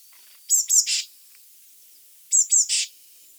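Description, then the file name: Eurasian blue tit call: two high thin notes followed by a scolding buzzy churr, repeated twice, with a faint hiss behind. "Cyanistes caeruleus"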